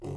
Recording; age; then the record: pig call; weaner (32 to 43 days)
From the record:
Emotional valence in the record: negative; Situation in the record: long isolation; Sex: female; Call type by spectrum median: low-frequency call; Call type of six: low-frequency stable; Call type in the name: low-frequency stable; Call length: 0.17 s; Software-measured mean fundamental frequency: 48 Hz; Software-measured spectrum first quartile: 128 Hz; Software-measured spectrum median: 267 Hz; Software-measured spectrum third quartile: 462 Hz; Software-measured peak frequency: 359 Hz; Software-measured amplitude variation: 111 dB a second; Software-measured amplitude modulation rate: 24.1 a second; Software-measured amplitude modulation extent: 4.6 dB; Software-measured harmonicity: -1.3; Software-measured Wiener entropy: -0.17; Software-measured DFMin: 1162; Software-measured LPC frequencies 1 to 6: 355, 801, 2058, 2777, 3858, 5087 Hz